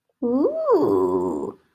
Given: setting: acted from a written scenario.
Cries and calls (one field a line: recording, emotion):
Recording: vocal sound without words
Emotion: desire